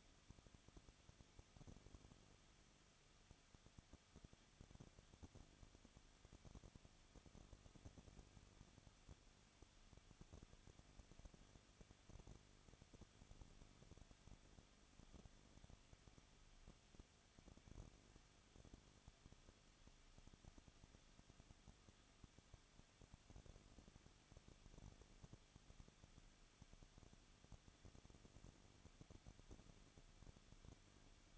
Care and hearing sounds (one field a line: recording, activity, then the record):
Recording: daily activity, microphone in the room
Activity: no activity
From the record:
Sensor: 4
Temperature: 23.0 degrees Celsius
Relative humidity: 34.2%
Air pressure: 1007.4 hPa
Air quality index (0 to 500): 213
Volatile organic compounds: 14 ppm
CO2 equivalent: 2452 ppm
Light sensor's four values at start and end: 2/3/1/1 and 2/3/1/1